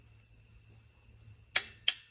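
A click-type torque wrench tightens cylinder head bolt number 1 onto a steel engine block of a 2004 Scion xB, with faint steady high tones underneath. Two sharp metallic clicks ring out at 1.6 s and 1.9 s as the wrench reaches its 22 foot-pound setting, confirming the bolt is at torque.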